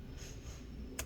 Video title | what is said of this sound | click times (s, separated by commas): Lenovo ThinkPad X1 Extreme Disassembly RAM SSD Hard Drive Upgrade Battery Fan Replacement Repair | and then you hear a click and then I'll go one two three okay then we'll go to number two same thing | 1.0 s